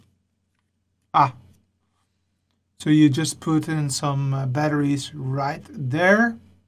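Batteries go into an Oculus Rift VR controller remote, and its battery cover is being handled to go back on. There is a short burst of handling noise around 1.2 seconds, then someone talks from about 2.8 seconds to the end. The clip ends before the cover goes home, so nothing has seated or clicked yet.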